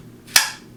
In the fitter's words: slide it on and wait for the click